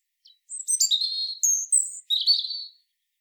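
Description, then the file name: European robin song: a tiny lead note, then clear, high, thin whistles mixed with rapid twittering in three quick sections. "Erithacus rubecula"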